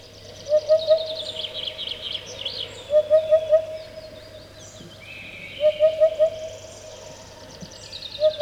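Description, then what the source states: Eurasian hoopoe song: soft, low hollow hoots in quick groups of three or four, repeated every two to three seconds, with other birds' high warbling songs behind. Muffled voice; rarely heard near Moscow but very common a little further south.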